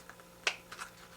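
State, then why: Seated. Two small plastic pins are pressed by hand into holes in the plastic spur gear cover of an HPI Baja SS RC car. Faint plastic taps come around 0.1 and 0.2 seconds, a sharp loud click at 0.5 seconds marks a pin seating, and softer clicks follow near 0.7 and 0.8 seconds. The pins are now clicked in place, meant to spin freely with a portion sticking out the back.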